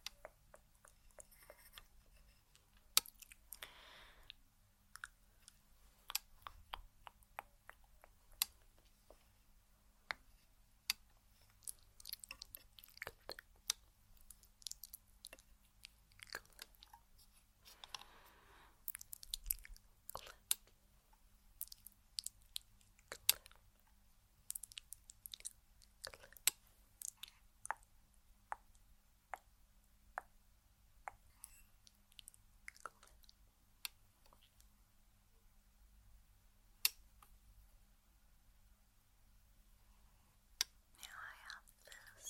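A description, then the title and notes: Mouth sounds: wet clicks, smacks and crunchy chewing noises come in irregular bursts throughout, some clustered tightly, others spaced by short pauses. A steady low hum runs underneath the whole time, with a few louder sharp pops standing out. ASMR Tingly Hair Claw Clipping Personal Attention, Mouth Sounds, Repeating.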